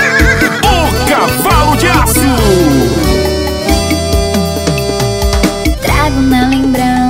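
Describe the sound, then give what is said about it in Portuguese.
A horse neighs and whinnies in loud, shrill bursts with wavering, falling pitch, set against a dense, steady wash of other sound that continues to the end. “Vai, cavalo!”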